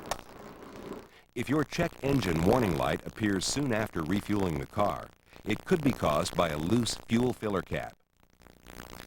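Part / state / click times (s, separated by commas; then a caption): fuel filler cap on car filler neck / torque reached / 0.1 s. A fuel filler cap on the filler neck of a 1998 Dodge Intrepid is tightened after refueling, giving a sharp click at 0.1 s. Someone then talks through most of the clip, and a run of faint ticks follows near the end. The cap is turned until it clicks, which marks it as fully tightened.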